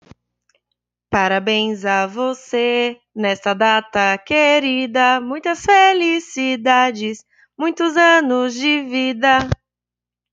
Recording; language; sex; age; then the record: short text; Brazilian Portuguese; female; 20 to 29 years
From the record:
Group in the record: control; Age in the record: 26 years